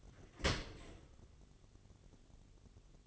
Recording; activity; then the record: daily activity, microphone in the room; open dishwasher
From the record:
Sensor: 4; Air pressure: 1007.4 hPa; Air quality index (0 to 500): 198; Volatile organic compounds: 7 ppm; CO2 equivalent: 1977 ppm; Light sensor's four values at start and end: 23/71/27/26 and 22/70/27/26